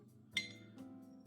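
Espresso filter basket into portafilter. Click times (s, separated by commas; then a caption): 0.4 s. A metal Pesado high extraction espresso basket is pressed into the portafilter of a Starseeker Super 58 and seats properly. A sharp metallic click sounds at 0.4 s with a brief bright ring, over a steady low hum.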